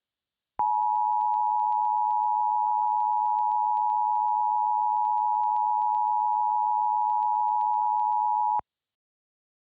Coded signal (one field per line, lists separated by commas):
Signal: Emergency Alert System (SAME) tones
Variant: 853 and 960 Hz attention tone